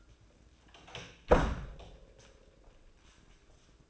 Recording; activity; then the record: daily activity, microphone in the room; close door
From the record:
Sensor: 2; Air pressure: 1012.2 hPa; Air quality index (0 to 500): 158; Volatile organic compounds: 2 ppm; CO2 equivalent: 1154 ppm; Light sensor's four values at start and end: 421/1055/429/452 and 422/1057/430/453